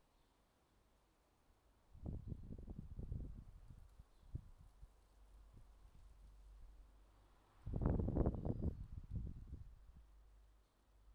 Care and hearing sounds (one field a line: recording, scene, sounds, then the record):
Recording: everyday scene through a hearing-aid microphone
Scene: wind on the microphone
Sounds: wind, traffic, birds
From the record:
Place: suburban garden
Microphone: in the ear canal, left